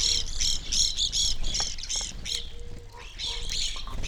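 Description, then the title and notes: Evening grosbeak calls from a feeding flock, many overlapping short chirps at high pitch, densely repeated, with a few faint low whistled notes beneath. Flock of birds feeding on sunflower seeds at a backyard feeder hanging in a birch tree; relatively warm winter morning; McCloud, Siskiyou County, California; recorded with two microphones on either side of the tree trunk. "I recorded this at my home in the small town of McCloud in Siskiyou County, California. It was a relatively warm winter morning, and a flock of Evening Grosbeaks was busily eating a breakfast of sunflower seeds from a feeder hanging from the branch of a birch tree in my backyard."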